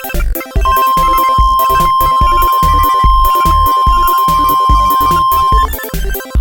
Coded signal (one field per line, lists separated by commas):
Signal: Emergency Alert System (SAME) tones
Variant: 1050 Hz attention tone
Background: music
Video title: how tf do i make my eas scrolls?